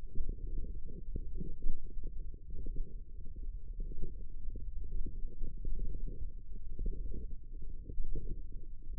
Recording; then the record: forearm muscle sounds (acoustic myography)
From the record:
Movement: wrist flexion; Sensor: system 1, eight BSWA MPA416 microphones around the upper forearm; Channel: 6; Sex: female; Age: 21 years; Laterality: right